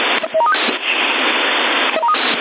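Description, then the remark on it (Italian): A CB radio roger beep being tried out as an alternative beep: a quick rising sequence of short electronic tones over a band of loud radio hiss, played twice about 1.7 seconds apart, with no talking. “Ascolta, guarda se preferisci questo di bip.”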